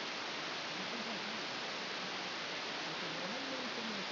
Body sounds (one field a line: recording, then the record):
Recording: brain microelectrode recording played as sound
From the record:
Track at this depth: inside the subthalamic nucleus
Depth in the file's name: 3.524 mm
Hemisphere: left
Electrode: 2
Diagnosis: Parkinson's disease